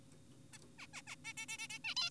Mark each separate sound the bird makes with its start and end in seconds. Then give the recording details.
0.53-0.58, 0.79-0.87, 0.94-1.02, 1.07-1.16, 1.25-1.33, 1.38-1.46, 1.49-1.58, 1.59-1.68, 1.70-1.78, 1.84-1.94, 1.97-2.10. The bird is an adult. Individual g4p5U